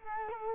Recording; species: mosquito wingbeat signal from an infrared sensor; Culex quinquefasciatus